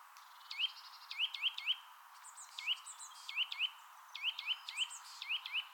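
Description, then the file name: Eurasian nuthatch giving clear upslurred whistled calls singly or in bursts of up to four, separated by short pauses, over a faint high chatter in the background. "Sitta europaea"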